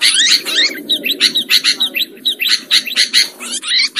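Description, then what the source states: Lovebird chirps: short, sharp, high notes repeated quickly, several per second. Lure recording used to attract birds for trapping.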